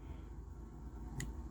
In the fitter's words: release yeah it sticks in there a little bit you got to hit this detent and then it pops out